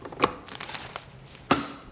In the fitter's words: Just like that, you'll hear a nice click and then the stand is secure in the monitor.